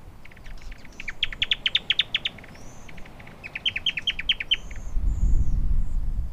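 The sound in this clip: Newtonia chattering: two quick runs of crisp repeated chips, with faint high whistles and low rumble rising near the end.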